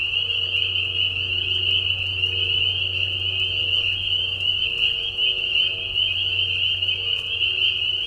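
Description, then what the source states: High peeping of spring peepers fills the air as a steady chorus, with a low droning hum and faint mid-pitched tones beneath. Mating call of many spring peepers in a marsh at night during a short spring season, Tiny Marsh Conservation Area, Tiny, Ontario; high whistles at low volume.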